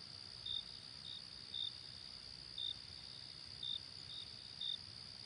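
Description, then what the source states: Cricket giving short high chirps about every second, a continuous high-pitched insect drone beneath. Night ambience.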